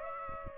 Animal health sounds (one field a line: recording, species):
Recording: mosquito wingbeat signal from an infrared sensor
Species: Aedes aegypti